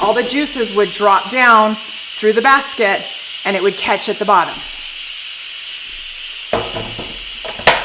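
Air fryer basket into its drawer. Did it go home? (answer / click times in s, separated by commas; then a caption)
yes / 7.7 s. A removable air fryer basket is pushed back into its drawer over a steady background hiss. Someone talks for the first four and a half seconds, and then a sharp snap at 7.7 s marks the basket seating in place.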